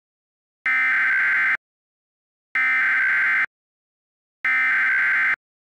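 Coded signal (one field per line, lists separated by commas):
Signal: Emergency Alert System (SAME) tones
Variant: header bursts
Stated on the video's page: Mock EAS alerts, child abduction emergency and civil danger warning, based on a cartoon episode; not real activations.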